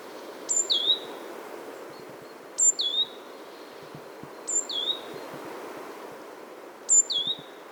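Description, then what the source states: Coal tit song, a thin high note falling into a whistled lower note, given four times at about two-second intervals, with faint low background noise. Displaying male in full song beside a remote forest lake at Kulaträsk, Värmdö, Sweden, late February at the end of winter.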